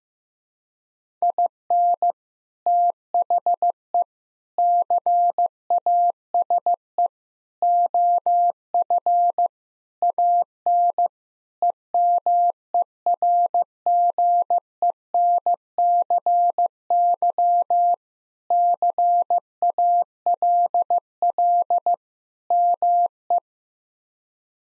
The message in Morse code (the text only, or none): IN THE CASE OF AN EMERGENCY CALL ME